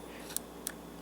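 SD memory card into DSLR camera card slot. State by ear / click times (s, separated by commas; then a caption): seated / 0.4 s. An SD memory card is pushed, label facing the user, into the card slot of a Nikon D3200 DSLR camera. It clicks into place at 0.4 s, followed by a second short click at 0.7 s, and the card is seated.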